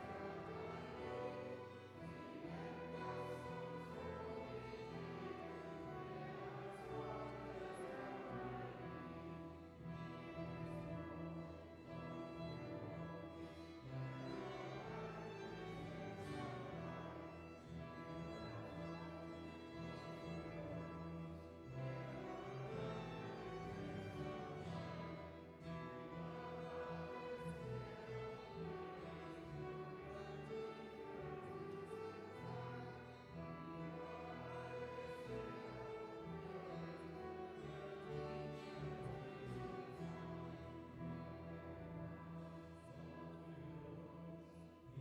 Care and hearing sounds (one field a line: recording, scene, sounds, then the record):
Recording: everyday scene through a hearing-aid microphone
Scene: reverberant space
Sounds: music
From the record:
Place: church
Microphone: behind the ear, left, rear